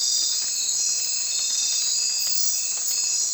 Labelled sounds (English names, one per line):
none